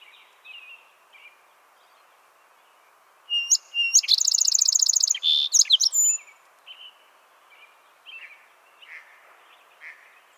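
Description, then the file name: Song sparrow singing one loud phrase of sharp notes, a rapid metallic trill and a final burst, with quiet thin chirps before and after. "Melospiza melodia - Song Sparrow"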